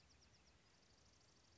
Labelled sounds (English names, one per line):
Bewick's Wren